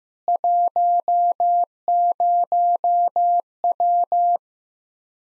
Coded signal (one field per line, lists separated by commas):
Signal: Morse code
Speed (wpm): 16 wpm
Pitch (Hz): 700 Hz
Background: none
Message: 10W